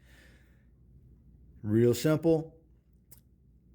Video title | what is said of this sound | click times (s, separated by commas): LS Swap Made EASY ! A/N Fittings, Fuel Lines, Regulators, Fuel Pumps, Complete Fuel Line Build ! | Push that over till it clicks into place. | 3.1 s, 3.2 s